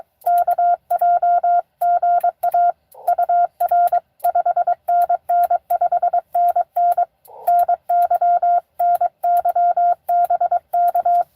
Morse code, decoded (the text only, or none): KJ GA UR 5NN 5NN NY NY BK